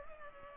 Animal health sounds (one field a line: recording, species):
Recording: mosquito wingbeat signal from an infrared sensor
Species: Culex pipiens